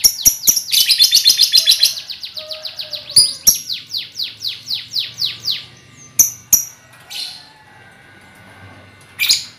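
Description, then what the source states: Lovebird ngekek: fast, dense shrill chatter that slides into a train of descending, slurred chirps, slowing and fading, followed by a few isolated sharp squeaks. Lovebird ngekek song, used as a lure song (kicau pancingan).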